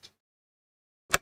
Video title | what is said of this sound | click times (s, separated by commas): Computer building LIVE! - Choose Your Own Intel PC Build Adventure | click click we're ready for our first power on self test you ready to go mhm | 1.1 s